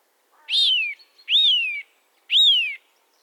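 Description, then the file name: Eurasian nuthatch giving three loud whistled calls, each swooping up sharply then sliding down, spaced roughly a second apart. "Sitta europaea"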